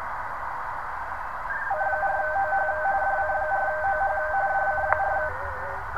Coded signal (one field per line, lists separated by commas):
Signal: RTTY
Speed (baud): 45.45 baud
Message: C4OH DC4OH DC4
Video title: DIY Magnetic Loop Aerial and Cheapo 8 Band Transceiver. Just Listening Indoors. Ham Radio. #ham